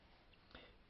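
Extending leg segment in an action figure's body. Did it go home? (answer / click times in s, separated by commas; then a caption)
yes / 0.3 s, 0.6 s. The extending plastic leg segments in the body of a Kenner Terminator 2 Kromium action figure are pulled down into their extended position. A faint click at 0.3 s is followed by a sharper click at 0.6 s over a steady low hiss. The legs lock into place.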